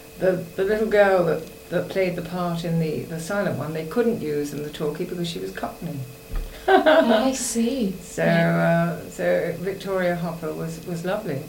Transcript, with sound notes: The little girl that played the part in the silent one they couldn't use in the talkie because she was cockney. [laughs]
I see.
So eh, so Victoria Hopper was lovely.